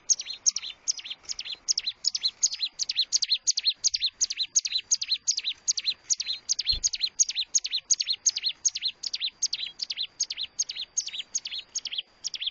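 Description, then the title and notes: Bar-winged prinia song of rapid, regularly repeated high chirps, persistent and unbroken, with one brief knock partway through. Collection of bar-winged prinia sounds, including birds in full, active song (gacor) and young birds (anakan). "Kicau Ciblek new - putri sherin. kumpulan suara burung ciblek gacor dan anakan"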